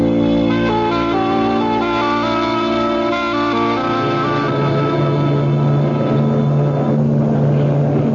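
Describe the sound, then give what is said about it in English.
A passenger ship's engines drone steadily with a deep, layered hum and sustained tonal whine as it arrives in port at St. Martin, shifting into a rougher rumbling churn partway through, with no voices. “Passengers disembarking for St. Martin will please gather at the gangplank on the boat deck.”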